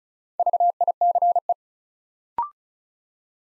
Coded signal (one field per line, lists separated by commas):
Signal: Morse code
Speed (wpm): 36 wpm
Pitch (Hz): 700 Hz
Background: none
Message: VICE